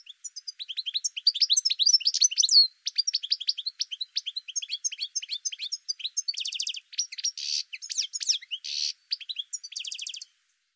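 Bird song, a long rapid stream of high chirps, trills and short buzzy bursts, running about ten seconds before stopping.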